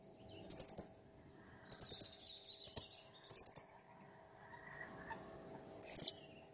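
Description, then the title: Blue-crowned hanging parrot singing quick clusters of two to four sharp, very high ticking notes, then ending with a longer shrill buzzy squeal. Master recording for training cage birds; the bird is singing actively, in a clear recording. "Masteran Burung Serindit Ll Masteran Serindit Gacor Jernih"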